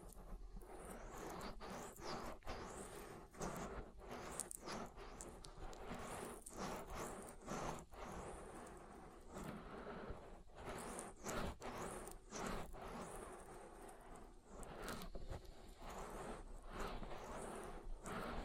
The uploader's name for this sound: Oil Ear Massage